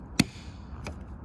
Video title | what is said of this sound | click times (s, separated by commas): Smart Fortwo - Rear Wiper Gasket | just push on it until it clicks | 0.2 s